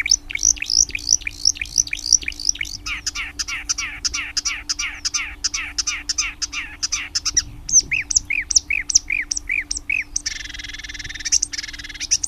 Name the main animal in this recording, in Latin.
Acrocephalus palustris